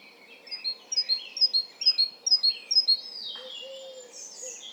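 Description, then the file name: Great tit repeating sharp high-low note pairs for about three seconds, then stopping while softer sounds continue. "Parus major"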